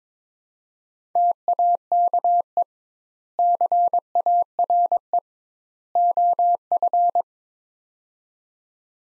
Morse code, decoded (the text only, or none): TAKE CARE OF